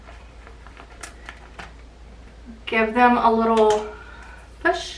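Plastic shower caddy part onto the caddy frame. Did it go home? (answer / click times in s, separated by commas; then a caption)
no / none. A plastic part of a YASONIC corner shower caddy (2023) is lined up and pushed onto the caddy frame. Faint handling taps and light knocks are heard while someone talks. Nothing has seated or clicked yet.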